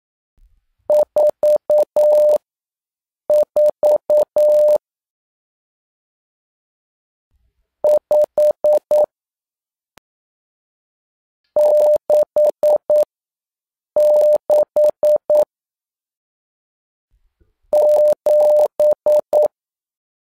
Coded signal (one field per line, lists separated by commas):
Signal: Morse code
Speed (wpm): 9 wpm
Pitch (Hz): 600 Hz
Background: none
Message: 44 5 66 7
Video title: Learn 0 to 9 in Morse code